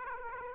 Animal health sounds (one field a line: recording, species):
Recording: mosquito wingbeat signal from an infrared sensor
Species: Aedes aegypti